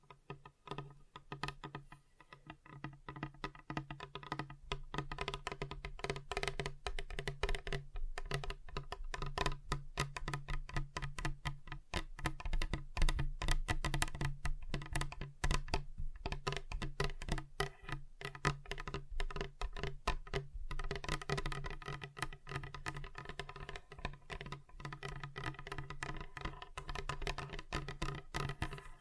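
Fingers tap rapidly on a table, a dense, fast patter of light knocks that sounds much like typing. The taps run almost continuously from the first couple of seconds to the end, briefly thinning near the twenty-second mark, over a steady low hum.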